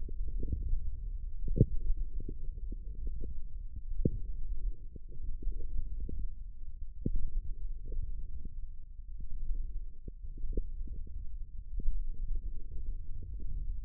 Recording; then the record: forearm muscle sounds (acoustic myography)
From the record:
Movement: wrist flexion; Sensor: system 1, eight BSWA MPA416 microphones around the upper forearm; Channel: 6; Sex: male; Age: 18 years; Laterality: right